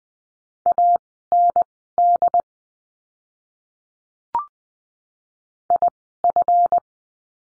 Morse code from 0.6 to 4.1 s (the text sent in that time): AND